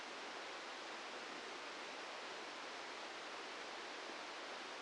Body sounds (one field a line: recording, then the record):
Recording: brain microelectrode recording played as sound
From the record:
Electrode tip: outside the subthalamic nucleus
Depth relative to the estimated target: 2 mm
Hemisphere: right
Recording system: NeuroSet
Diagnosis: Parkinson's disease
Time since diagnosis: 13 years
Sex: male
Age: 66 years